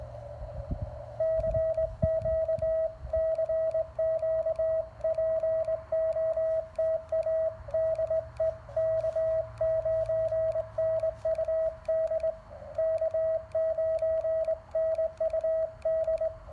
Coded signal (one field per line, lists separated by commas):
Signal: Morse code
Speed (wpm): 20 wpm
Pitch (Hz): 640 Hz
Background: radio noise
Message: CQ CQ POTA DE K9NUD K9NUD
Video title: CW Cootie POTA Activation of K-1001 using Elecraft KX1, KXPD1 paddles and a unique home-brew EFHW